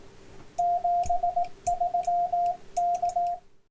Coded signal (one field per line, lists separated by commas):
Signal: Morse code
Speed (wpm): 18 wpm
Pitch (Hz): 700 Hz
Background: radio noise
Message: 73K